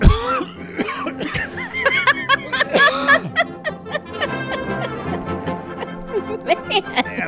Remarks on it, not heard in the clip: I've got this cough. How do you get that lung back inside of your chest? That was a good one. That was beautiful. It's a good cough.